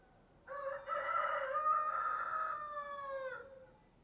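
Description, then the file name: Chicken crow: a single rooster crow of about three seconds, short lead-in syllable followed by a long, rough, gradually falling call. Rooster (adult male). "Rooster Crowing Sound"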